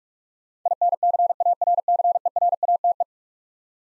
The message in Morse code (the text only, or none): INCARCERATE